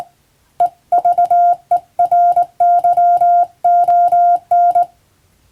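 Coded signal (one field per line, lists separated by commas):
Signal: Morse code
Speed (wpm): 20 wpm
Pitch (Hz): 700 Hz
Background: none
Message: EVERYON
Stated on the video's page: Morse sent on the amateur bands by a first-class radiotelegraph operator using a telegraph key, as practice.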